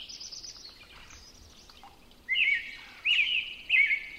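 Robin song: three short, clear warbling phrases in the second half, spaced under a second apart, over a quiet background of faint high bird twitters.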